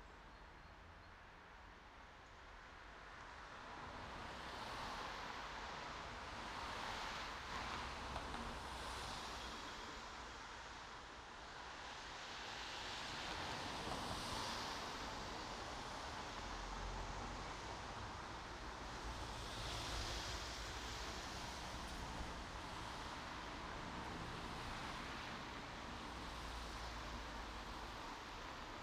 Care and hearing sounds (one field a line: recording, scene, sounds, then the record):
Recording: everyday scene through a hearing-aid microphone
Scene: in traffic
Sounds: traffic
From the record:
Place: main road on the outskirts, rush hour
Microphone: in the ear canal, right